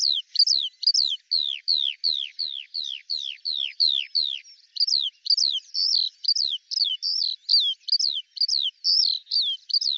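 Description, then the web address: Eurasian skylark song of sharp, high, downslurred chirps repeated about twice a second, with a few warbled notes mixed in. "Deverinetal 2025 Bird Al Ar"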